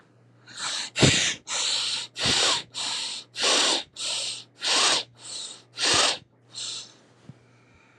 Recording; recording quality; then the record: shallow breathing; excellent, no background noise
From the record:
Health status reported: exposed to COVID-19, no respiratory illness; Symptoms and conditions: cold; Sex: male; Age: 47 years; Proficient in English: yes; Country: United States